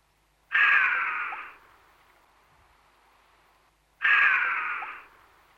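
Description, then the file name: Chamois giving harsh, hissing whistle calls: two separate bursts about three and a half seconds apart, each lasting roughly a second and fading away. "Gemse"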